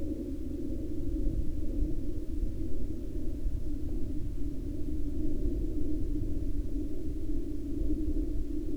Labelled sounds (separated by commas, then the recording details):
aircraft
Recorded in the Prudhoe Bay oil fields, Alaska, on 15 August 2019 at 09:20
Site 11